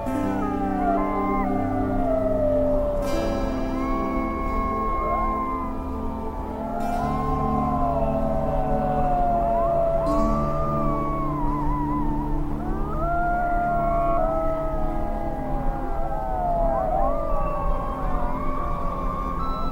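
Wolves howl together in a dense, overlapping chorus. Long rising and falling cries weave through one another for the whole stretch, over a low steady hum. Short sharp clicks cut in around three, seven and ten seconds.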